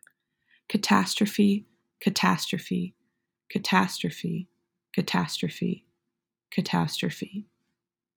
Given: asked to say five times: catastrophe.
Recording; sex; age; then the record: repeated word; female; 20 to 29 years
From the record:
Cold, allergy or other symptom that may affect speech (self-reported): no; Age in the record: 21 years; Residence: Florida, United States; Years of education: 16